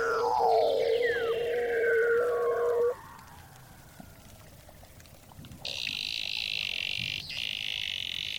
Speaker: This is the voice of a Weddell seal, which I recorded below the frozen surface of the Ross Sea in Antarctica.